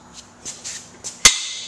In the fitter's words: that it slides back into position and locks